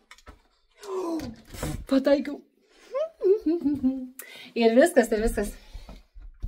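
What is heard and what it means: A room door lock is being handled from the inside, its bolt not yet driven into the door frame, while someone talks over it. A faint sharp tap comes right at the start, but nothing has seated or clicked yet by the end of the clip.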